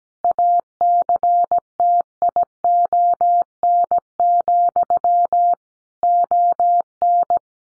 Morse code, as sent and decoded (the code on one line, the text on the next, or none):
.- -.-. - .. --- -. --..-- / --- -.
ACTION, ON